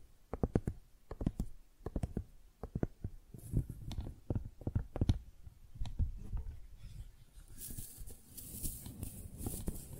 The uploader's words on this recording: ASMR Most Beautiful Tingly Flower Sounds (No Talking).